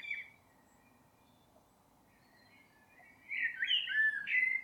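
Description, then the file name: Eurasian blackbird: a quiet pause, then a rich warbled song phrase with some higher, brighter notes. "Turdus merula"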